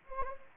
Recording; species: mosquito wingbeat signal from an infrared sensor; Anopheles gambiae